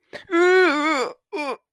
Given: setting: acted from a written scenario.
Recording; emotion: vocal sound without words; distress